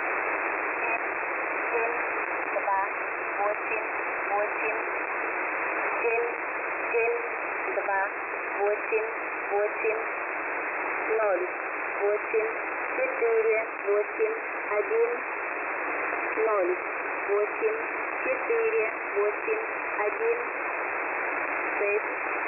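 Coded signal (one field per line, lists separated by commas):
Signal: numbers station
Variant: S06s, Russian female voice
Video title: [S06s "Russian lady 00000"] 13.October 2020 11:00 UTC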